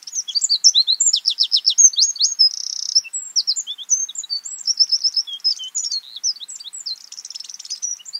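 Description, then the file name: Eurasian wren song: a rapid, high, tumbling stream of sharp notes and fast buzzy trills, running almost continuously over eight seconds. "Troglodytes troglodytes"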